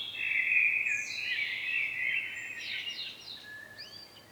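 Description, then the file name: Common blackbird calling with a dense, chattering run of mid-high notes for about three seconds, followed by a few thin, higher upslurred notes as it fades. "Turdus merula"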